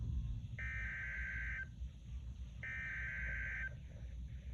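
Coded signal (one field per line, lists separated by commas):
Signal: Emergency Alert System (SAME) tones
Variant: header bursts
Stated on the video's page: Two consecutive alerts on NOAA weather radio station WXL70, Charlotte NC.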